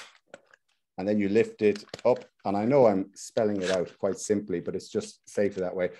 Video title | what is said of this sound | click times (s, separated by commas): The Ultimate Wine Crash Course | corner you just pop it with your fingers like that you hear that click and | 0.3 s